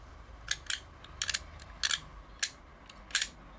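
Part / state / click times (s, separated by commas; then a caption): patio bolt pin locking into its bolt lock body / seated / 0.5 s, 0.7 s, 1.2 s, 1.9 s, 2.4 s, 3.1 s. The bolt on a Carbine heavy-duty chunky metal patio bolt lock is pulled up and worked several times, and the pin clicks into position in its bolt lock body. Sharp, bright metallic clicks sound at 0.5, 0.7, 1.2, 1.9, 2.4 and 3.2 seconds, each one a solid, clean click as the bolt locks in.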